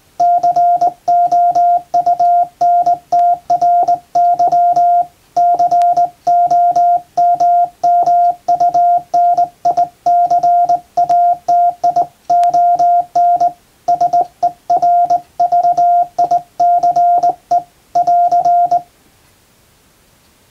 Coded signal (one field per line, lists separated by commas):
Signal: Morse code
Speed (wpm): 20 wpm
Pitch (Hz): 700 Hz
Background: none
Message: COUNTRY COMMUNICATION SERVICE <AR>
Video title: プロの船舶通信士が使用した絶品の電鍵！憧れの日本無線ＪＲＣの電鍵ＫＹ－３Ａで欧文モールス電報を叩く！ morse practice using JRC straight key